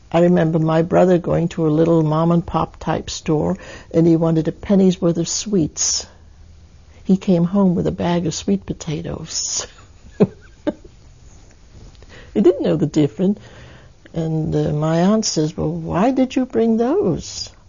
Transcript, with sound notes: I remember my brother going to a little mom and pop type store and he wanted a penny's worth of sweets. He came home with a bag of sweet potatoes, (she laughs) he didn't know the difference and my aunt says, "Well, why did you bring those?"